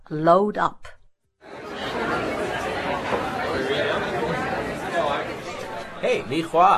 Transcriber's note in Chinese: campus noise